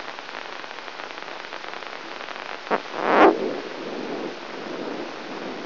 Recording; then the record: brain microelectrode recording played as sound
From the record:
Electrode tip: inside the subthalamic nucleus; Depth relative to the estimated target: 0 mm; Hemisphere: right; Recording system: AlphaMap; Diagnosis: Parkinson's disease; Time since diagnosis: 13 years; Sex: male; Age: 62 years